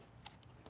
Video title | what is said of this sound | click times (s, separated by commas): How deep is too deep - Dealing with bad scratches and paint defects in your cars paint! | click there he goes click there it goes | 0.3 s